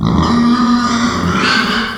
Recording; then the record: squeal of a Yucatan mini pig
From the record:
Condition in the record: after surgery on the right vocal fold (resection and tissue-engineered implant); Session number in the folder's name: 16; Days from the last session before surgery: 183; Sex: female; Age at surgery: 19 weeks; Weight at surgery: 25 kg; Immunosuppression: prednisolone